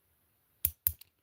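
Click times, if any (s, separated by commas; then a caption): 0.7 s, 0.9 s. A tool is worked under the rim of a handcuff base until a metal part gives, with sharp metallic clicks at 0.6 s and 0.9 s followed by a faint tick near 1.0 s. The part has clicked open, leaving the cuff accessible to be picked.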